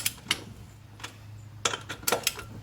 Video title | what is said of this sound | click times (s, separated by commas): How to Replace Lug Bolts on a John Deere 757 Zero Turn | Until it clicks. | 0.3 s